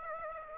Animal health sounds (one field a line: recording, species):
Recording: mosquito wingbeat signal from an infrared sensor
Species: Aedes aegypti